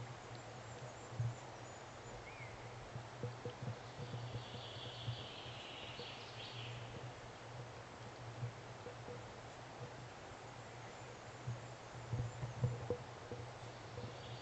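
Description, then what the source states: Allen's Hummingbird anxiety call: a high, buzzy chattering burst over a steady low hum with scattered soft knocks. Anxiety calls, recorded 4 July 2009.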